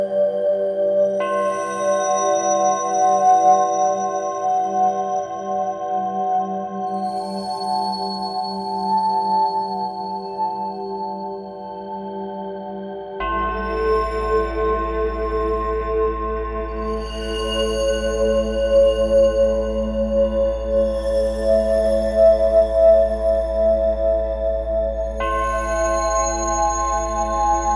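Tibetan singing bowls ring in long, overlapping tones, with new strikes near 1, 13 and 25 seconds adding a deep hum and bright shimmer.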